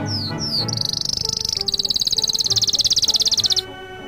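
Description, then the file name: Canary singing two quick falling whistles, then a long rapid high trill of evenly pulsed notes lasting about three seconds, over quiet background music. Canary song combined with music. "suara kenari dan musik"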